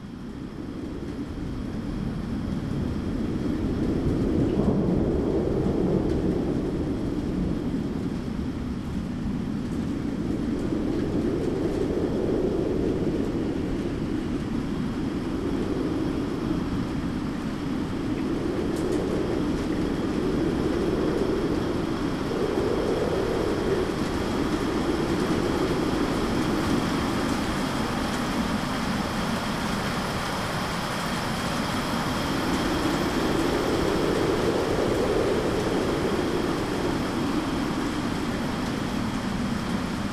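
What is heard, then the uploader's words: Wind roars steadily in a low, dense rumble, swelling and easing in gusts every several seconds. Above it runs an even, fine hiss like falling rain, constant from start to finish with no distinct separate events. Windy and Rainy Day.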